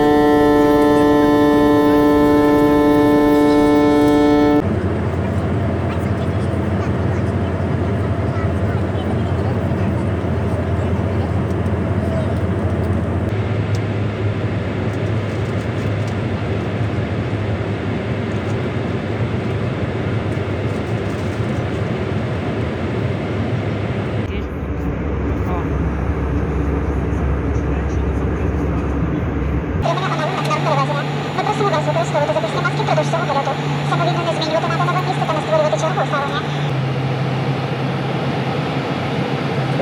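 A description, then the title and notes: Sounds from a first airplane flight, spliced together from several short sections with abrupt changes at about 5, 13, 24 and 30 seconds. A whining, steady engine tone opens, then a constant low cabin roar runs throughout, with voices talking over it near the end. First airplane flight. Вилетіли з аеропорту Бориспіль, Україна, а приземлилися в Анталії, Туреччина.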